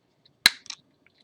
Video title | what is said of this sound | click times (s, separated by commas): Basic Nintendo Switch Controller Open and Fix | and kind of snaps in place even before you know we're putting any of the screws in | 0.5 s